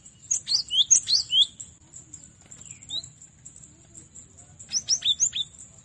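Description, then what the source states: Cinereous tit singing quick series of high, clear down-slurred whistles, one long burst at the start and another near the end, over a constant high-pitched whine. Training recording for cage birds to learn from.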